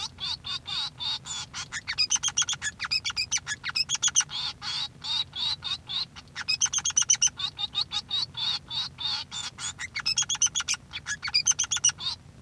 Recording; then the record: song of a male Bengalese finch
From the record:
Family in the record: son of father 3